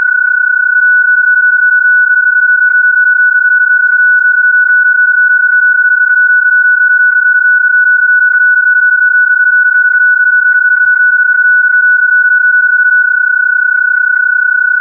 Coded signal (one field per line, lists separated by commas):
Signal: PSK31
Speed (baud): 31.25 baud